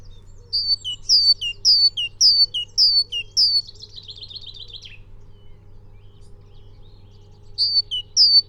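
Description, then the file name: Great tit repeating clear two-note 'teacher' phrases several times, then a buzzy churring burst, a quiet gap, and two more phrases at the end. "Parus major"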